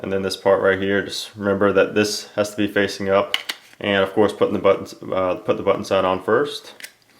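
Someone talks while fitting the hard shell of a protective phone case over its soft rubber inner piece, button side first and with the part facing up; it has to be pressed until it snaps on and the snap must be heard, because it can look on without being fully seated. Only faint handling sounds come near the end, around 7.0 and 7.1 seconds. Nothing has snapped or seated yet.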